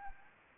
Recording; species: mosquito wingbeat signal from an infrared sensor; Anopheles gambiae